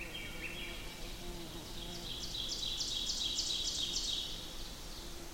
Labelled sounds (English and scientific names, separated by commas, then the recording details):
Ovenbird (Seiurus aurocapilla) song
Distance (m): 65 m
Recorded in boreal forest in Alberta, Canada, on 14 June 2016 at 05:47
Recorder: SongMeter 3, array SBT-3-33
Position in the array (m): 288 m, 297 m
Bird 22